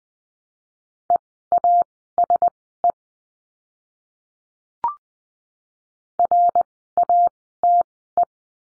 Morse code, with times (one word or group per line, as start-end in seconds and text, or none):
1.1-2.9 EASE
6.2-8.2 RATE